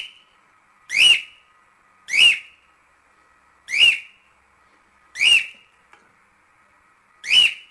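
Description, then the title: Cockatiel repeating one short arched whistle every second or two, with quiet gaps between. Several cockatiels, whistling. "Calopsitas Cantando Assobio"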